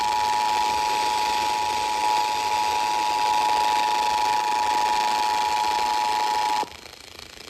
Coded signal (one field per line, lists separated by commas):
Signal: Emergency Alert System (SAME) tones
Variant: 853 and 960 Hz attention tone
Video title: EAS Alerts From 7/6/26: A Compilation (EAS 1256-1269)